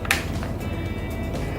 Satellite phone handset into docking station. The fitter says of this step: push this down and you should hear a click and